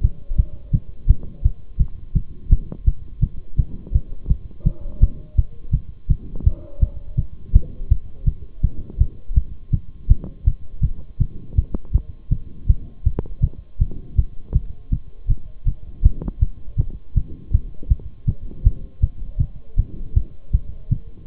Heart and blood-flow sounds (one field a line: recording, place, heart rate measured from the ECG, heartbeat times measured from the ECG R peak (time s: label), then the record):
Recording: heart sounds by stethoscope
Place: between the tricuspid and mitral areas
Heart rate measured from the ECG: 164 bpm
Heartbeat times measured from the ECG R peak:
0.03 s: heartbeat
0.38 s: heartbeat
0.73 s: heartbeat
1.09 s: heartbeat
1.44 s: heartbeat
1.80 s: heartbeat
2.15 s: heartbeat
2.51 s: heartbeat
2.87 s: heartbeat
3.22 s: heartbeat
3.58 s: heartbeat
3.94 s: heartbeat
4.30 s: heartbeat
4.66 s: heartbeat
5.02 s: heartbeat
5.37 s: heartbeat
5.73 s: heartbeat
6.10 s: heartbeat
6.46 s: heartbeat
6.82 s: heartbeat
7.17 s: heartbeat
7.54 s: heartbeat
7.90 s: heartbeat
8.27 s: heartbeat
8.63 s: heartbeat
9.00 s: heartbeat
9.36 s: heartbeat
9.73 s: heartbeat
10.10 s: heartbeat
10.46 s: heartbeat
10.83 s: heartbeat
11.20 s: heartbeat
11.57 s: heartbeat
11.94 s: heartbeat
12.31 s: heartbeat
12.69 s: heartbeat
13.06 s: heartbeat
13.43 s: heartbeat
13.80 s: heartbeat
14.18 s: heartbeat
14.55 s: heartbeat
14.92 s: heartbeat
15.30 s: heartbeat
15.67 s: heartbeat
16.04 s: heartbeat
16.41 s: heartbeat
16.78 s: heartbeat
17.16 s: heartbeat
17.53 s: heartbeat
17.90 s: heartbeat
18.28 s: heartbeat
18.65 s: heartbeat
19.02 s: heartbeat
19.40 s: heartbeat
19.78 s: heartbeat
20.16 s: heartbeat
20.53 s: heartbeat
20.91 s: heartbeat
From the record:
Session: Bruce protocol treadmill stress test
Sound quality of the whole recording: partially saturated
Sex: male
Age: 23 years